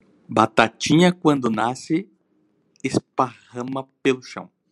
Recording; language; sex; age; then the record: short text; Brazilian Portuguese; male; 30 to 39 years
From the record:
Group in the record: control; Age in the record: 38 years